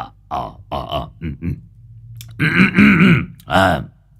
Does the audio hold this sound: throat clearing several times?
yes